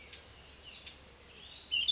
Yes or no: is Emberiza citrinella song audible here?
no